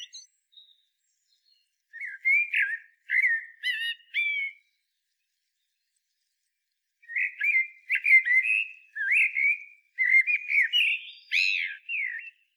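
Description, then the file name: Common blackbird giving clear whistled phrases with chuckling twitters, one burst early, then a long continuous stretch of varied mellow warbling after a quiet pause. "Turdus merula"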